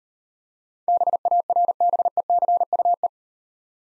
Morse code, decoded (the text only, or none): BARBECUE